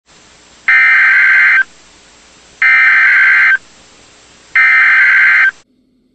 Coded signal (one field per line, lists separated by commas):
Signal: Emergency Alert System (SAME) tones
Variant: header bursts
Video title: Winter Storm Watch (EAS 1236) 1/14/22